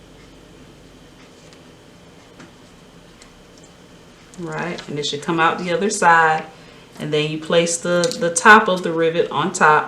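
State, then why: Not seated. A rivet post is placed through the punched hole in a folded cork or leather strap and lined up, ready for its cap. Only faint handling ticks are heard over a quiet background, and someone talks from about 4.3 s onward. The cap has not been snapped on yet, and nothing has seated or clicked.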